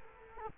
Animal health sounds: mosquito wingbeat signal from an infrared sensor; Culex quinquefasciatus

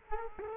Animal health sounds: mosquito wingbeat signal from an infrared sensor; Culex quinquefasciatus

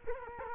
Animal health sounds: mosquito wingbeat signal from an infrared sensor; Culex quinquefasciatus

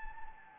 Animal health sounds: mosquito wingbeat signal from an infrared sensor; Anopheles gambiae

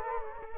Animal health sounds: mosquito wingbeat signal from an infrared sensor; Culex quinquefasciatus

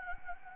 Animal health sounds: mosquito wingbeat signal from an infrared sensor; Anopheles gambiae

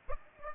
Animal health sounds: mosquito wingbeat signal from an infrared sensor; Aedes aegypti

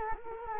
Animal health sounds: mosquito wingbeat signal from an infrared sensor; Culex quinquefasciatus

